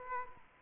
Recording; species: mosquito wingbeat signal from an infrared sensor; Culex quinquefasciatus